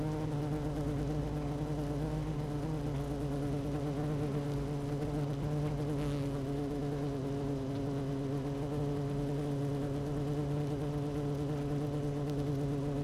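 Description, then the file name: Honey bee hive drone, a strong low buzz with many quivering overtones, continuous and even, with a faint brief hiss midway. Queen bee in hive 1, recorded 12 June 2018 at 16:30. "Hive 1 12 06 2018 Queen Bee H 1 audio 16 30 00"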